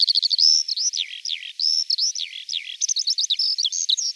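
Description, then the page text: Eurasian skylark singing a quick run of high twittering notes, repeated rising-falling slurs and brief trills. "Голоса птиц Евразии - 4-12 Полевой жаворонок"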